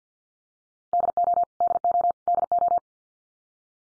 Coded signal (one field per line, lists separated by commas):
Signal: Morse code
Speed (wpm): 48 wpm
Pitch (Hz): 700 Hz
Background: none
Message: DO DO DO